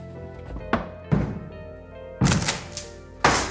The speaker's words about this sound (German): Ja, was schlagen Sie vor, Wachtmeister? Die Tür aufbrechen? Jawohl, Sir. Treten Sie einen Schritt zurück. Das ist Sache der Polizei.